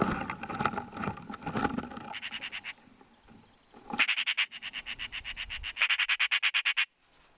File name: Pica pica